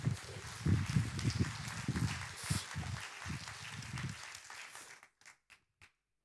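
A crowd applauds with dense, steady clapping for about five seconds, then it thins out abruptly into a few last scattered claps before silence.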